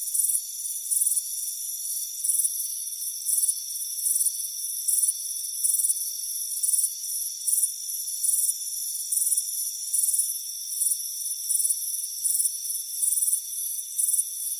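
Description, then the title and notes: Crickets chirping in repeated high pulses over a steady shrill background hum. Crickets chirping on a warm afternoon, heard from a hammock on a front porch. "Soothing Crickets Chirping Sound. It's a warm afternoon as you relax in a hammock on the front porch. Relax and fall asleep to the soothing sound of chirping crickets. Deep Sleep Sounds"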